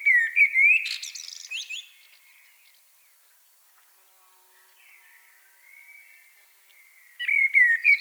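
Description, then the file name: Common blackbird: a whistled warble rising into a squeaky twitter, soft fluting in the gap, then a fresh mellow phrase near the end. "Turdus merula"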